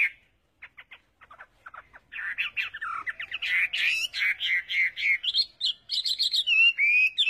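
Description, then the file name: Chinese hwamei song: several short dry notes, then a loud run of rich whistled phrases, repeated and varied, ending on a clear rising whistle. "Tieng hoa mi hot"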